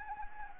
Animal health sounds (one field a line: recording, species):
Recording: mosquito wingbeat signal from an infrared sensor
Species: Anopheles gambiae